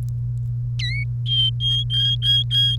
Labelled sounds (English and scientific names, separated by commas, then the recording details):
Domestic Canary (Serinus canaria) song
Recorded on 1 May 2018 at 17:11
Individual llb3